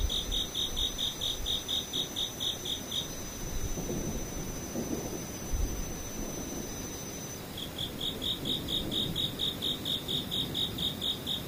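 Insects chirp in quick, evenly spaced pulses of a bright note for the first three seconds, fall silent, then resume from about seven and a half seconds to the end. A faint steady high whine runs beneath, and a low rumbling murmur swells and fades throughout.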